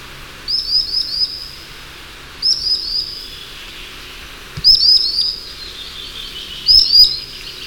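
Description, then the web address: Common sandpiper song: short, high piping runs of three to five rapid notes, separated by short pauses. "chant xeno-canto chevalier guignette"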